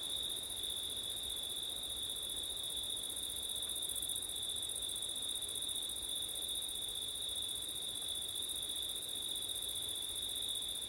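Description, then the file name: Crickets sing a continuous ringing trill in two high layers, steady from start to end, accompanied by soft wind. Crickets on a September night, with wind, recorded with an ORTF stereo microphone setup. "crickets wind september night ortif"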